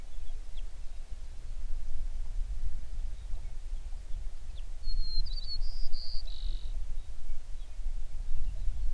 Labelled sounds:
songbird
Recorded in the Prudhoe Bay oil fields, Alaska, on 11 June 2019 at 05:05
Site 21

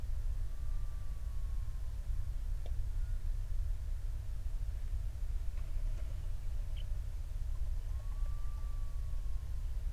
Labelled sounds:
songbird, loon, flare stack
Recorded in the Prudhoe Bay oil fields, Alaska, on 28 July 2019 at 05:16
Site 25

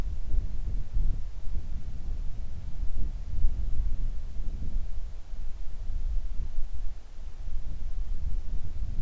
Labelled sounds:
wind
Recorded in the Arctic National Wildlife Refuge, Alaska, on 3 August 2019 at 10:26
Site 41

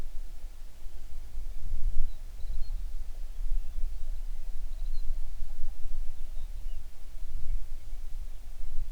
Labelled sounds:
songbird
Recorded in the Prudhoe Bay oil fields, Alaska, on 11 June 2019 at 05:02
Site 21

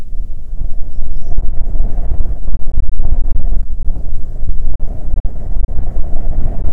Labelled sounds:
bird, wind
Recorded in the Arctic National Wildlife Refuge, Alaska, on 9 July 2019 at 22:13
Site 48

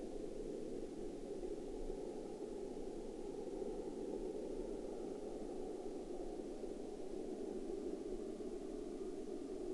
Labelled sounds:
aircraft
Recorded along the Dempster Highway, Canada, on 22 November 2019 at 20:04
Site 21

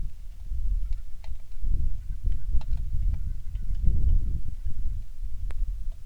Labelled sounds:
bird, rain
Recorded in the Prudhoe Bay oil fields, Alaska, on 27 July 2019 at 18:20
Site 19

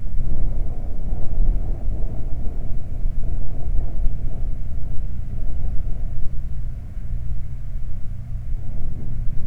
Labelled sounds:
wind
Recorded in the Prudhoe Bay oil fields, Alaska, on 12 July 2019 at 00:06
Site 29

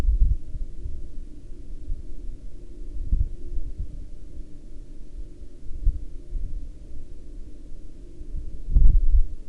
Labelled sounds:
wind, aircraft
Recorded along the Dalton Highway, Alaska, on 24 October 2019 at 01:22
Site 07

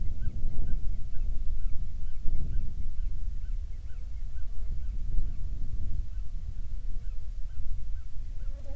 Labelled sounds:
songbird, wind, insects
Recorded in the Prudhoe Bay oil fields, Alaska, on 7 July 2019 at 00:00
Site 16

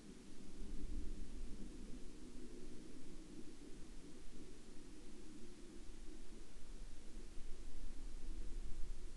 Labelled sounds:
man-made sound
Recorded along the Dempster Highway, Canada, on 15 October 2020 at 09:21
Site 24

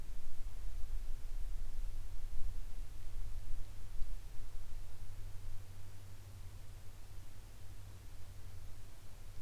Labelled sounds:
near silence
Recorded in the Arctic National Wildlife Refuge, Alaska, on 22 July 2019 at 16:23
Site 41

